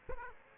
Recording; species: mosquito wingbeat signal from an infrared sensor; Aedes aegypti